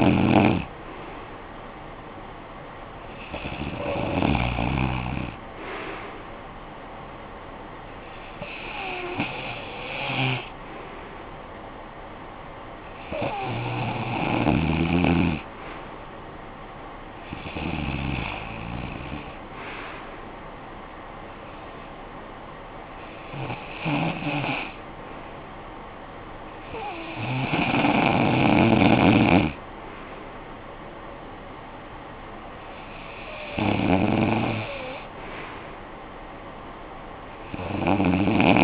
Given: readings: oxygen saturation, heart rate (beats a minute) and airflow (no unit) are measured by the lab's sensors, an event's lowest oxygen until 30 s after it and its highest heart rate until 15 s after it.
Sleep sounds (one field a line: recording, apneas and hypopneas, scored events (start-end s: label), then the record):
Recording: breathing in sleep by a voice recorder at the bedside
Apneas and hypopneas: none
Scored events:
none scored
From the record:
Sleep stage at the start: REM sleep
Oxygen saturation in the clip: 93 to 96%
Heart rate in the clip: 58 to 65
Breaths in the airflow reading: 9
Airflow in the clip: -15.1 to 8.9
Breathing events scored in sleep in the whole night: 445 in 7.6 hours asleep